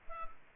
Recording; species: mosquito wingbeat signal from an infrared sensor; Culex quinquefasciatus